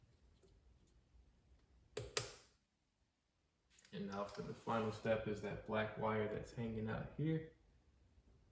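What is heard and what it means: A blue connector is plugged into the steering wheel airbag module of a widebody Scat Pack Charger during a Hellcat steering wheel swap. Two sharp clicks are heard at 2.0 s and 2.2 s as the connector seats, followed by a pause and then someone talking.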